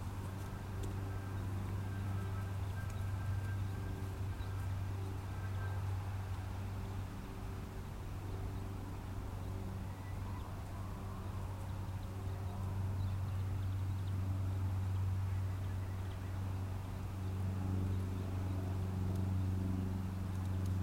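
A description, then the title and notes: Bees buzz in a steady, low drone that holds for the whole stretch, built from several stacked humming tones that waver slightly in pitch. A soft, airy hiss of breeze runs underneath, with faint higher tones drifting in early on. Open Moorland | New Forest National Park. This binaural field recording takes you to the heat of the British countryside in summer. The bees buzz and the sounds of the famous new Forest ponies on a gentle breeze.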